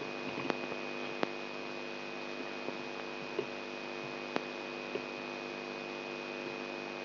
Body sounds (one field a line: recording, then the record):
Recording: brain microelectrode recording played as sound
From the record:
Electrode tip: outside the subthalamic nucleus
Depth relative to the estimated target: 3 mm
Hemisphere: left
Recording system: AlphaMap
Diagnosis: Parkinson's disease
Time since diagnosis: 11 years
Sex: male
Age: 67 years